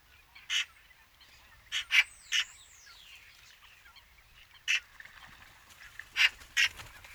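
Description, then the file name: Eurasian magpie making loud, grating calls, some in quick pairs, scattered throughout, while another bird gives a high sweeping whistle. "Pica pica"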